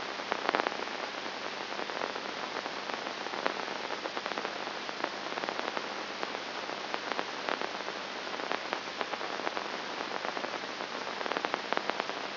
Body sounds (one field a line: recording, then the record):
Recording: brain microelectrode recording played as sound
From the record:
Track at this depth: outside the subthalamic nucleus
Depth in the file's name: 0.109 mm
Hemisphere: left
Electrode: 2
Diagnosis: Parkinson's disease